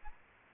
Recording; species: mosquito wingbeat signal from an infrared sensor; Aedes albopictus